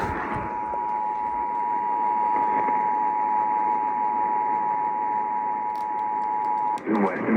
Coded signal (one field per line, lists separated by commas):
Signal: Emergency Alert System (SAME) tones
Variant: 853 and 960 Hz attention tone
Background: speech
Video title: (FOUND SAFE) West Virginia AMBER Alert (8/27/22) (EAS 8998)